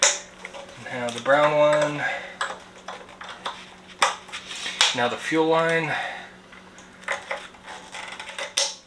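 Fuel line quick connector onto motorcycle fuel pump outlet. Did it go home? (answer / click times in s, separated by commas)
yes / 8.6 s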